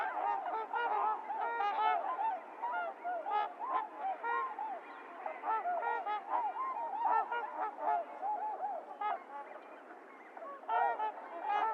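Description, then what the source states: Trumpeter swans in full chorus, horn-like honks overlapping constantly, with a few sharper bursts standing out. Recorded 28 January 2022; low-cut filtered; several swans.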